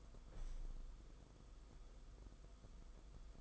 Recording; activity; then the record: daily activity, microphone in the room; open window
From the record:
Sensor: 5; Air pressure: 990.5 hPa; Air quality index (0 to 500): 165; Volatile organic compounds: 309 ppm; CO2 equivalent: 4500 ppm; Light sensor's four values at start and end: 17/40/16/18 and 17/40/16/18